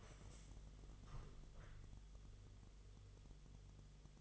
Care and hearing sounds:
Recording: daily activity, microphone in the room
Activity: stand up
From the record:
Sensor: 4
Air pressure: 1006.0 hPa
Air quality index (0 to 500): 110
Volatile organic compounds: 3 ppm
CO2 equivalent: 1382 ppm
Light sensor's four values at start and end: 12/28/11/10 and 12/28/11/10

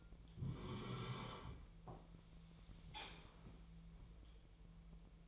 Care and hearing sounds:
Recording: daily activity, microphone in the room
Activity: sit down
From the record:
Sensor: 1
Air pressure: 1002.0 hPa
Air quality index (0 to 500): 244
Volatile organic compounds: 111 ppm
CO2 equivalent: 3826 ppm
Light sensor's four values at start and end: 10/24/10/11 and 10/25/10/12

